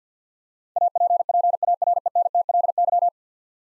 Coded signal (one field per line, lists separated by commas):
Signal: Morse code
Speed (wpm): 50 wpm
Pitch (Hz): 700 Hz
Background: none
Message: APPARENTLY